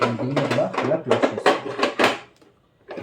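Someone talks while closing the bobbin area covers by hand on a Usha Janome Stitch Magic sewing machine, after inserting the bobbin and laying the extra thread aside. A sharp hit follows, then brief quiet and a softer sound. The bobbin cover has not yet seated or clicked into the sewing machine bed.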